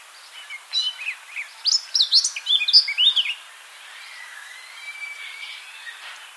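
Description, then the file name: Eurasian blackcap song: a rapid warbled phrase of varied chirps and whistles, then a faint drawn-out note. "Sylvia atricapilla"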